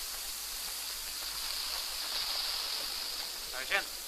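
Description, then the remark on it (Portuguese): Steady, hissing wash of sea water lapping against a pier as people walk along it, surrounded by the sea; an even rushing texture with a faint high edge and a brief little chirp-like sound just before the end. “Eles caminham por um pier cercados pelo mar.”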